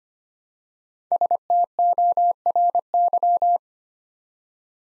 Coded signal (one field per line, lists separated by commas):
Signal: Morse code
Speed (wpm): 25 wpm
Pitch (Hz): 700 Hz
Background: none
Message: STORY